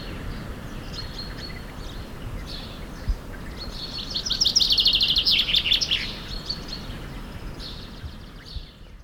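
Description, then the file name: Common chaffinch delivering one rapid trill with a terminal flourish, preceded and followed by a few scattered thin high notes, over a low hum. "Fringilla coelebs"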